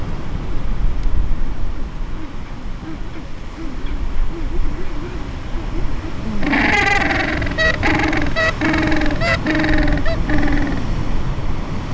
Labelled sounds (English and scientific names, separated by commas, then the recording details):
Gentoo Penguin (Pygoscelis papua)
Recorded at the colony at Fort Point, Antarctica, on 25 December 2014
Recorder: Song Meter SM2+